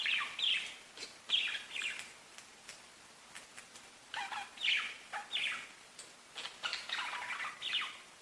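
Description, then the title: Budgerigar chatter: bursts of bright, scratchy chirps and warbles come in clusters with short quiet gaps between them. "Budgie Sounds"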